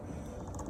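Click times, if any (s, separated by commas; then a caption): 0.5 s, 0.6 s. A plastic fuel-line quick-connect is worked onto its fitting and snapped into place while an Airdog 2 4G 165 lift pump is installed on a Duramax diesel truck. Against a steady low rumble, two sharp snaps sound at 0.6 s and 0.6 s (0.55 and 0.60). The coupling is seated, and the snap means the connection is good.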